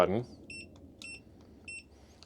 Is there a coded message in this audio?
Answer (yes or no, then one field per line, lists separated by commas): no